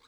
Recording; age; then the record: pig call; piglet (1 to 25 days)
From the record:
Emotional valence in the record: positive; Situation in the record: reunion after long isolation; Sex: female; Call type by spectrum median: high-frequency call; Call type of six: low-frequency tonal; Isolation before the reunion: 8 minutes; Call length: 0.09 s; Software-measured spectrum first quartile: 1135 Hz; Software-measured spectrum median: 2522 Hz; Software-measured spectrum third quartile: 4393 Hz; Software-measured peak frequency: 1093 Hz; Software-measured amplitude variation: 108 dB a second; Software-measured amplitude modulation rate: 5.9 a second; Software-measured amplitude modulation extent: 18.4 dB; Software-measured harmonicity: 0.9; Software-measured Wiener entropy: -1.08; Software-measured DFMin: 953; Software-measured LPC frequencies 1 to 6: 1182, 2210, 3906, 4717, 6356, 7948 Hz